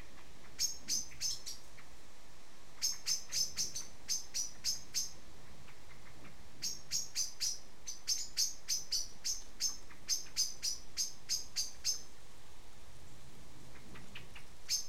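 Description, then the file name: Common blackbird giving sharp, high clicking calls in fast bursts of several notes, with short pauses between bursts. "Turdus merula"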